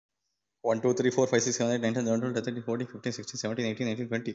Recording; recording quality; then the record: counting at a normal pace; excellent, no background noise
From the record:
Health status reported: COVID-19 positive, mild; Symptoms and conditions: cough, cold, fever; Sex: male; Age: 24 years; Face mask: not worn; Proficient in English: no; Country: India